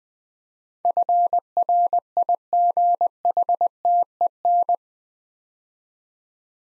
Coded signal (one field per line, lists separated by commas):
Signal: Morse code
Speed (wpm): 20 wpm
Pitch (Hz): 700 Hz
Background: none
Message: FRIGHTEN